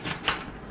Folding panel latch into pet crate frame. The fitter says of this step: pops up like that, and then on the inside, it clicks into place.